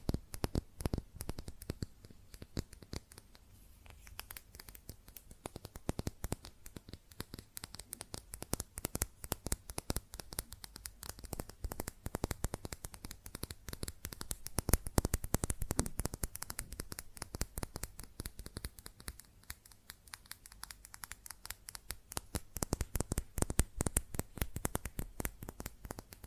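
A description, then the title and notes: Fast, dense tapping on glass and ceramic objects runs through the whole recording as a rapid stream of short, sharp clicks. The taps come unevenly but almost without pause, bright, with small bursts of extra speed around the middle. ASMR Fast Tapping on GlassCeramic Objects (No Talking).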